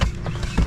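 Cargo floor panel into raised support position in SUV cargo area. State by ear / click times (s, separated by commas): seated / 0.0 s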